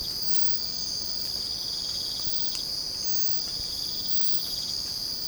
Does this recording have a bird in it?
no